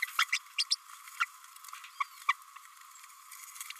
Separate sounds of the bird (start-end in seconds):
0.18-0.26, 0.32-0.39, 0.58-0.64, 0.71-0.75, 2.00-2.03, 2.28-2.35